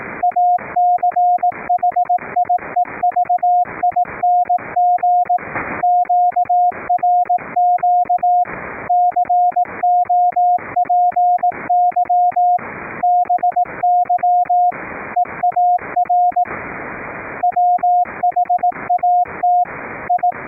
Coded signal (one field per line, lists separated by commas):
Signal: Morse code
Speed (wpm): 18 wpm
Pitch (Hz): 710 Hz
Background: radio noise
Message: ACHIEVING QRQ COPY BY EAR WHAT I